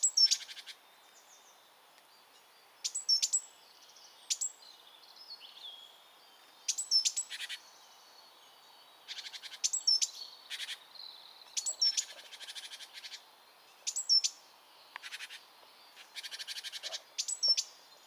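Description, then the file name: Great tit giving repeated calls, each a sharp thin high note leading into a rapid buzzy rattle, the pattern returning roughly every two to three seconds. "Parus major"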